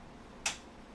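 A new PC upgrade component is fitted by hand into a desktop case. A single sharp snap is heard at 0.5 s against a quiet background, and the part seats in place.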